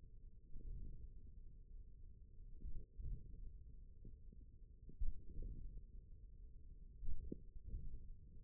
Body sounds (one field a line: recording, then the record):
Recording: forearm muscle sounds (acoustic myography)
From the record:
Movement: hand opening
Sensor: system 1, eight BSWA MPA416 microphones around the upper forearm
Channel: 4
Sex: male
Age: 41 years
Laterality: right